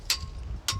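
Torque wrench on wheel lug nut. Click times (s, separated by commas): 0.1 s, 0.7 s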